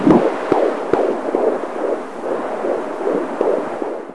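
Rapid, swishing, whooshing pulses at about 146 per minute, with a soft hiss between beats. This is a baby's heartbeat before birth, at a rate within the usual fetal range.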